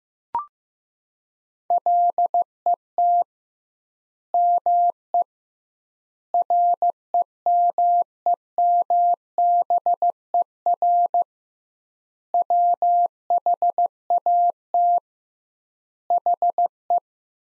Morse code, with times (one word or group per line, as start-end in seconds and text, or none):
1.7-3.2 LET
4.3-5.2 ME
6.3-11.2 REMEMBER
12.3-15.0 WHAT
16.1-17.0 HE